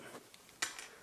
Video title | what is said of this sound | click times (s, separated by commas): Batman Arkham City Play Arts Kai l'unbxing sur TAG | Tac, on entend le petit cric-crac de l'ergot là. | 0.6 s